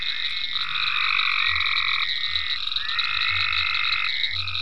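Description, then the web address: Frog chorus of long steady trills at two pitches, with soft low croaks pulsing underneath. Frogs in ponds at Venaura farm, recorded 27 May 2010. "ecolandtech venaurafarm frogs-in-ponds 5-27-010-Frogs"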